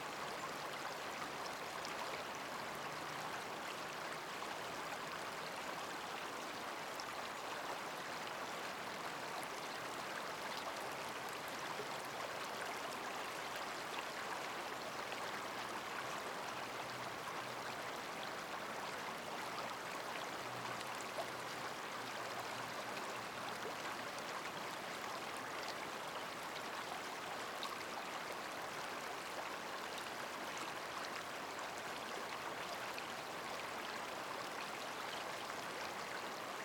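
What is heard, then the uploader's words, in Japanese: A river flows steadily in early summer, a dense, even rush of water that holds the same level for the whole recording. The sound is full and bright, with a faint low hum wavering underneath during the first twenty seconds. 初夏、爽やかな川の流れ。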